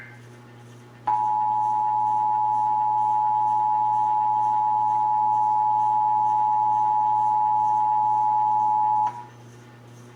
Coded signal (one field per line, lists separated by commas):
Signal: Emergency Alert System (SAME) tones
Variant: 853 and 960 Hz attention tone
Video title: (EAS #364-373) March 2023 Texas Required Monthly Test